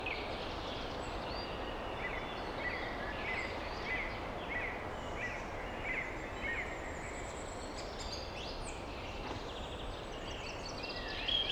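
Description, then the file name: Bird chirps, short high notes repeated in a quick series, then scattered twitters, all over steady blowing wind. Birds chirping in a European deep forest with wind blowing. "European Nature - Deep Forest Ambience Wind Blowing Birds Chirping"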